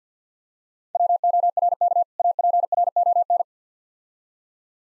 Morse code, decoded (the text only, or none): WORK APRON